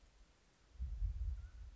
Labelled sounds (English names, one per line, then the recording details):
Mountain Quail
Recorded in Sonoma County, California